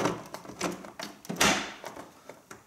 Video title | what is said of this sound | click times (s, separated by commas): Bosch Vero Cup 100 entkalken Kaffeemaschine reinigen entkalken sauber machen Kaffeevollautomat | und jetzt setzen wir die hier wieder ein, bis es eingerastet ist. | 1.4 s